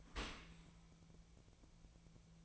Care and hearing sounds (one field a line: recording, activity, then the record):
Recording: daily activity, microphone in the room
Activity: open dishwasher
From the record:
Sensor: 1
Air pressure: 1000.5 hPa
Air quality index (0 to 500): 182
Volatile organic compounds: 4 ppm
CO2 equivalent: 1671 ppm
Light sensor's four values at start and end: 11/27/11/12 and 11/27/11/13